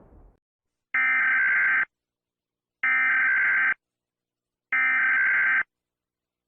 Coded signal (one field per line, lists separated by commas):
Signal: Emergency Alert System (SAME) tones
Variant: header bursts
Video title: EAS Seanario:Prison Bombing [FAKE]